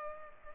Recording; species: mosquito wingbeat signal from an infrared sensor; Culex pipiens